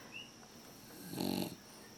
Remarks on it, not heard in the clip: G-Money is snoring right now. He was supposed to be sitting here with me in my lap, but he has now decided to fall asleep.